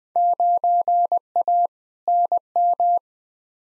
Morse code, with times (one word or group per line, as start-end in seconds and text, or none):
0.2-1.7 9A
2.1-3.0 NM